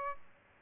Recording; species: mosquito wingbeat signal from an infrared sensor; Aedes aegypti